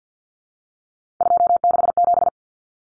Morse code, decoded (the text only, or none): 267